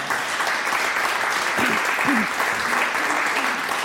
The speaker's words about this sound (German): Ich war auch noch nicht fertig und vor allen Dingen wollten wir Sie auch mit Applaus begrüßen.